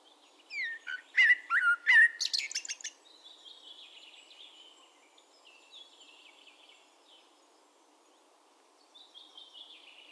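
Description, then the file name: Common blackbird singing one mellow whistled phrase ending in scratchy high twitters, followed by quieter high, thin notes. "Turdus merula"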